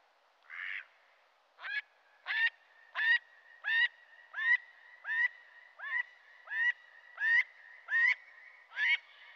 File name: canard colvert